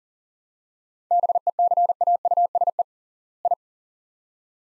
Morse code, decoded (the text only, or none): BECAUSE I